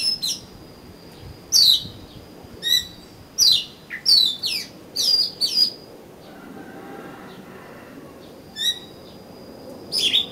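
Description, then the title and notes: Oriental magpie-robin song: high, sweet whistles with quick downward slurs in scattered bursts, a quieter stretch in the middle, then a few final notes. "suara kacer. kumpulan suara burung kacer"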